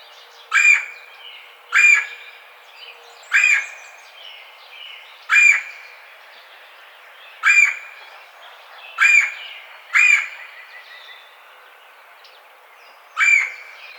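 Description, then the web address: Red-bellied woodpecker repeating its harsh rolling churr several times at irregular intervals. Recorded 4 May 2009. "Red-bellied Woodpecker 2009 05 04"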